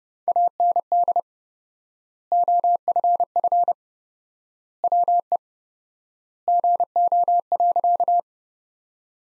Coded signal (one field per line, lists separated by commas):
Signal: Morse code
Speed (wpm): 30 wpm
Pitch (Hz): 700 Hz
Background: none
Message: AND OFF WE GO.